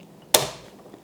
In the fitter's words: I like to hold this with my fingers while I push the pen in and the reason I do that is because you want to push down until it clicks